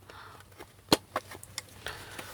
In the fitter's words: there we go so it clicks in slightly